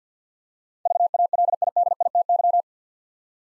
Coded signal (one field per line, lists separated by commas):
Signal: Morse code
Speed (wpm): 47 wpm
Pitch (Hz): 700 Hz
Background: none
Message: VALIDITY